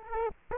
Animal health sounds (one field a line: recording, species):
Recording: mosquito wingbeat signal from an infrared sensor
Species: Aedes aegypti